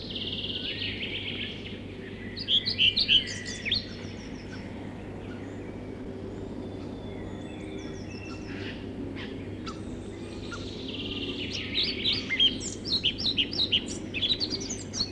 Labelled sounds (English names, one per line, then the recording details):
European Pied Flycatcher song
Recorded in the wild
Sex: male
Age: adult
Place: Friedrichsmoor, Landschaftsschutzgebiet Lewitz, Mecklenburg-Vorpommern, DE
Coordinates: 53.4572, 11.5731
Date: 1965-05-21
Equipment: Grundig TK 4, BG 20/6 - 19 cm/s
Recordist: Schubert, Michael